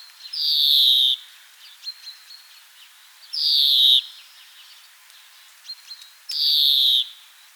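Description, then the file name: European greenfinch repeating a drawn-out nasal wheeze that slides downward, three times roughly every three seconds, with soft chirps and ticks between calls. "Chloris chloris"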